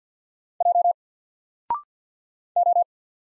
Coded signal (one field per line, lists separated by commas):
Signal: Morse code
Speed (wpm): 48 wpm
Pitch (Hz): 700 Hz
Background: none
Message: J O